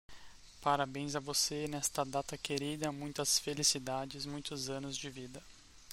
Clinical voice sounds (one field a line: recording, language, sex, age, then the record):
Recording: short text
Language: Brazilian Portuguese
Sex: male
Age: 30 to 39 years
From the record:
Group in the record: control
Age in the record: 34 years